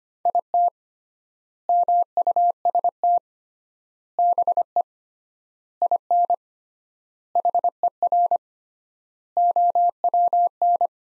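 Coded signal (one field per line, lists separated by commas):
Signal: Morse code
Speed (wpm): 25 wpm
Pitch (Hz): 700 Hz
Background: none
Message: IT MUST BE IN HER OWN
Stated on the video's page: Morse practice sentences from top 300 words at 25 wpm with 3x standard word spacing, a word-level analogue of Farnsworth spacing.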